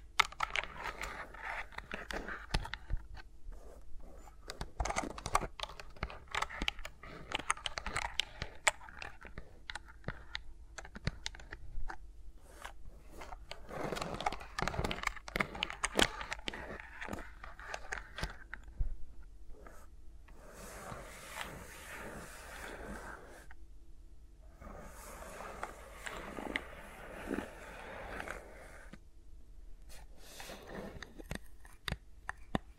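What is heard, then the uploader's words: ASMR finger sounds with no talking: a dense, steady stream of small clicks, taps and scratchy rubbing, quick and irregular throughout. Around twenty seconds and again from about twenty-five to twenty-nine seconds, brighter hissing swishes join the tapping. ASMR with Mics Around My Fingers (No Talking).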